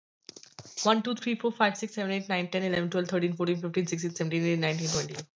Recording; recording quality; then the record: counting at a fast pace; excellent, no background noise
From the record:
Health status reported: exposed to COVID-19, no respiratory illness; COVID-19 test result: negative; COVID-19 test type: RT-PCR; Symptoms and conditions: cough, cold, fatigue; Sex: female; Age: 23 years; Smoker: no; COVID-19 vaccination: both doses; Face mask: not worn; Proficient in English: yes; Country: India